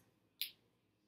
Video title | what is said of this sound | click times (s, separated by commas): Movie on 11 29 18 at 12 03 AM | you just press it down like that and it will click into place | 0.4 s